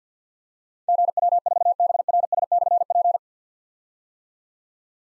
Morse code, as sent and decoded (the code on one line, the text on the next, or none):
--. .-- ....- -... .-. ... -..-. .--.
GW4BRS/P